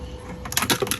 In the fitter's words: and then they pop right off just like that um